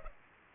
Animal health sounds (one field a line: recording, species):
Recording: mosquito wingbeat signal from an infrared sensor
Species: Culex pipiens